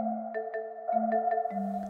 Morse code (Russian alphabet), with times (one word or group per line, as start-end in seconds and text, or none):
none